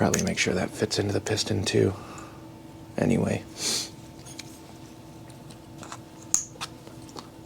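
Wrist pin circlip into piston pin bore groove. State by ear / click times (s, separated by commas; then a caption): seated / 6.3 s. Someone talks while fitting a steel wrist pin retaining circlip into the groove of the piston pin bore on a Garelli SSXL moped piston, with faint handling noises. A sharp snap at 6.3 s marks the clip seating in its groove.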